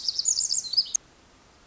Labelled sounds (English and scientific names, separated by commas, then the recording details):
Pacific Wren (Troglodytes pacificus)
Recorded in Sonoma County, California